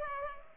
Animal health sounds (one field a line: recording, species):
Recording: mosquito wingbeat signal from an infrared sensor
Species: Culex pipiens